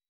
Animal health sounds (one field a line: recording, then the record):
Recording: hydrophone in a shrimp aquaculture tank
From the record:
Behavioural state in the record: weakened